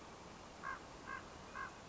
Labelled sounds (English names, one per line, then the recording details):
Common Raven
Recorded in Sonoma County, California